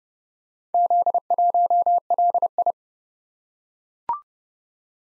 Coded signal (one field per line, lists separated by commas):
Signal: Morse code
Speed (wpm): 30 wpm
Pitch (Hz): 700 Hz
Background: none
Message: Z1LI